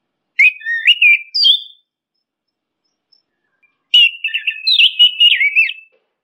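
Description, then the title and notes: Orange-headed thrush song in two phrases of melodious, varied whistles and twitters, separated by about two seconds of silence; the second phrase longer and fuller. Masteran (training) song. "punglor kembang. Masteran Anis Kembang"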